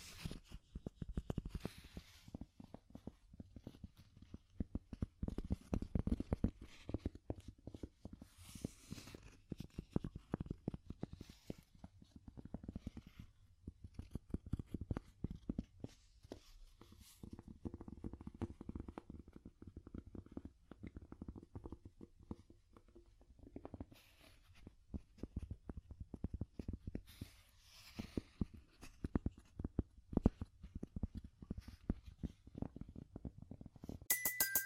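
Wood tapping in quick, uneven bursts of soft knocks, mostly low and hollow, with brief pauses and a few brighter clicks throughout.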